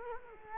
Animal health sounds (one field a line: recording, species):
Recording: mosquito wingbeat signal from an infrared sensor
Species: Culex quinquefasciatus